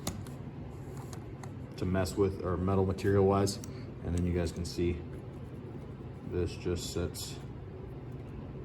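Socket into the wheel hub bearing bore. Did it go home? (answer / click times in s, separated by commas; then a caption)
no / none. A heavy-wall 1-1/8 inch socket, used as a bearing tool, is handled and set up into the bearing bore of a motorcycle front wheel hub. A few faint metallic ticks and light handling sounds are heard while someone talks. Nothing has seated or clicked yet.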